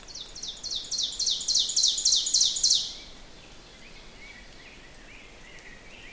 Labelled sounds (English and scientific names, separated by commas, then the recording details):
Ovenbird (Seiurus aurocapilla) song
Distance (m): 20 m
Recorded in boreal forest in Alberta, Canada, on 6 June 2016 at 08:52
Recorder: SongMeter 3, array SBT-3-51
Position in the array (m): 242 m, 148 m
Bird 28